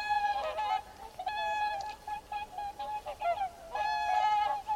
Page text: Ciripituri în naturăLebăda mută sau Lebăda de vară – Cygnus olor